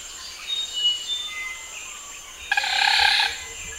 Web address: wroblowe ptaki smithornis sharpei